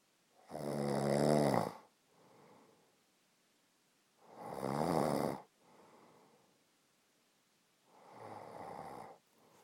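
Loud, rattling snores on each breath in from an adult sleeper, each followed by a soft breath out, at about 16 breaths a minute.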